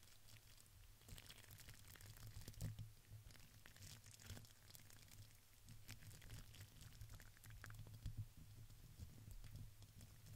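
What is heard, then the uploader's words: Crinkling plastic and paper with brushing sounds: dense, irregular crackles and ticks throughout, sharper taps near three and eight seconds, over a low rumble. Crinkles, Plastic, Brush, Silicone, Glass, Paper.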